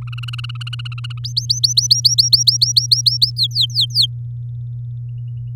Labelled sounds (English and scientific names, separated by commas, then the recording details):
Domestic Canary (Serinus canaria) song
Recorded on 9 May 2018 at 06:40
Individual llb16